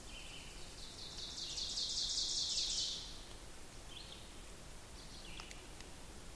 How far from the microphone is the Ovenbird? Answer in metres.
about 50 m